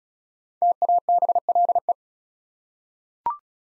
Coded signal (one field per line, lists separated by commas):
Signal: Morse code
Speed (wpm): 34 wpm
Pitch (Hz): 700 Hz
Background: none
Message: TABLE